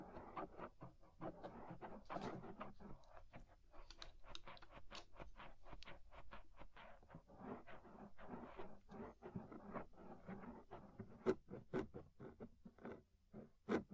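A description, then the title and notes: Ear scraping makes a dense run of short scratchy strokes that come several times a second, each with a brief crackly top. The rhythm stays busy and uneven throughout, with a faint low rumble underneath and a few sharper clicks near the end. Inner and Outer Ear Scraping (No Talking).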